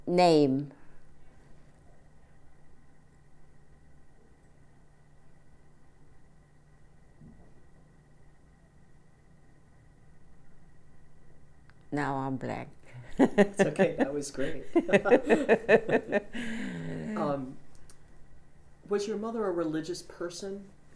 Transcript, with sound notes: name. Now I'm blank. (she laughs)
Okay, that was great. (they laugh) Was your mother a religious person?